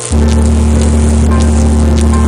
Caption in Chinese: 想象一下，在重度耳鸣患者的 耳朵里面，这个声音会持续， 如果不治疗它就不会停止。